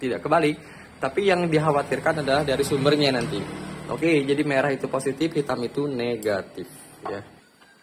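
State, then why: Not seated. A plastic power-supply cable plug is handled at its keyed socket on a P10 LED panel while a man talks throughout. Nothing has seated or clicked yet.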